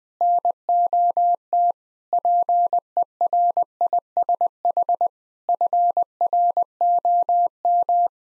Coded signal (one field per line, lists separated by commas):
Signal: Morse code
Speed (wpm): 20 wpm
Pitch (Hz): 700 Hz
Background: none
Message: NOT PERISH FROM